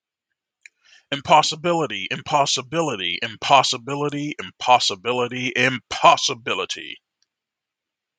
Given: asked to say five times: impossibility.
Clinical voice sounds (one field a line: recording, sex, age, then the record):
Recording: repeated word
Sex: male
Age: 30 to 39 years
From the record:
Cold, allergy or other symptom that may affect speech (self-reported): no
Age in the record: 39 years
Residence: Massachusetts, United States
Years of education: 14